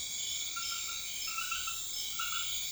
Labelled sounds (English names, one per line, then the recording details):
none
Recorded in secondary vegetation near Puerto Asís, Putumayo, Colombia, on 4 March 2025 at 02:30
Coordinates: 0.500, -76.326
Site GP04